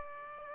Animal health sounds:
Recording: mosquito wingbeat signal from an infrared sensor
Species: Aedes aegypti

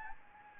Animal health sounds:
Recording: mosquito wingbeat signal from an infrared sensor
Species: Anopheles gambiae

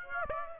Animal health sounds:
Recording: mosquito wingbeat signal from an infrared sensor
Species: Aedes aegypti

